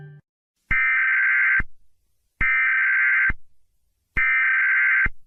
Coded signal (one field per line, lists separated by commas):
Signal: Emergency Alert System (SAME) tones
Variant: header bursts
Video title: eas alarms animated series 5 (reanimated!)